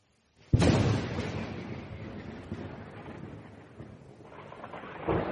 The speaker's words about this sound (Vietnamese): Kể cả phàm nhân cũng đều mắt thường có thể thấy được, từng đạo thiểm điện khuếch tán ra ở bên trong, từng tiếng thiên lôi gầm thét ở bên trong, chạm tới ngàn vạn nhân tâm.